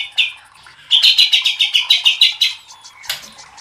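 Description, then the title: White-rumped shama song: a rapid series of bright chattering notes, a thin whistle, then a scratchy burst. Masteran (training recording) for cage birds, labelled Labaik. "MASTERAN MURAI BATU LABAIK"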